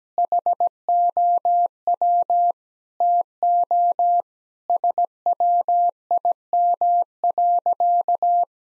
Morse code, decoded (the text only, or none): HOW TO SWIM.